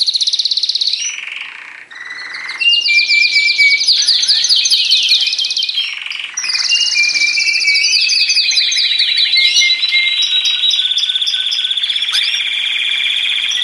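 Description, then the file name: Canary song in dense, fast trills and rolls, shifting from one tour to the next. Kenari trio masteran, a training recording for teaching songbirds. "kenari trio masteran omkicau"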